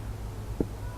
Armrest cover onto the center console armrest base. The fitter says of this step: right there you can feel it snap into place usually